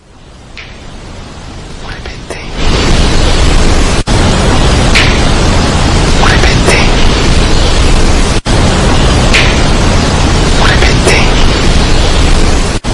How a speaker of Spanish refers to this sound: Parece que dice, hay un chasquido. Hay un chasquido, exacto. Hay el clásico chasquido. Sí, como si fuera con los dedos así, pero después se escucha, muévete.